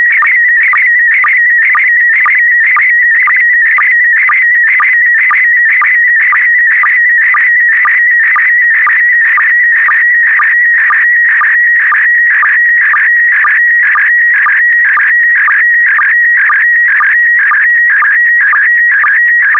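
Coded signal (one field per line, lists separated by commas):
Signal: SSTV (slow-scan television)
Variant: PD120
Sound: steady warbling tone near 2 kHz, chirped by short low sync blips twice a second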